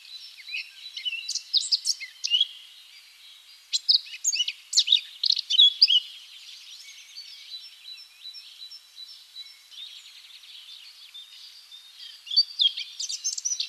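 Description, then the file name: Eurasian blackcap calling with bursts of high, quick, scratchy twittering notes, loud at first and again near the end, with quieter chatter between. "Sylvia atricapilla"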